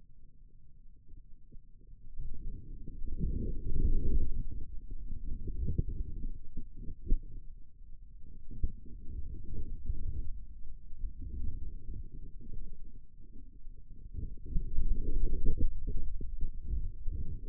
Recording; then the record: forearm muscle sounds (acoustic myography)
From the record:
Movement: radial deviation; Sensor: system 2, bracelet of six BSWA MPA416 microphones around the upper forearm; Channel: 6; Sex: male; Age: 22 years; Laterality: right